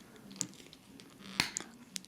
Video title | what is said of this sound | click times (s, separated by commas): TRANSFORMERS GENERATION COMBINER WARS DEVASTATOR BONECRUSHER VIDEO TOY REVIEW | like that until you hear it click into place | 1.4 s